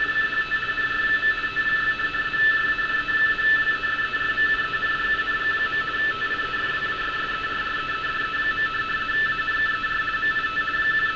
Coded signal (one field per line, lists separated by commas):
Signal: RTTY